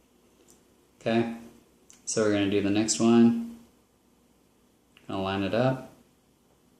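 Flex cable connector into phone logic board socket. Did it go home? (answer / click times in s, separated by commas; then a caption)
no / none. An iPhone 4S flex cable connector is lined up on its logic board socket, to be pressed down with a finger, while someone talks over a few faint taps. The clip ends before the connector is pressed home, so nothing has seated or clicked yet.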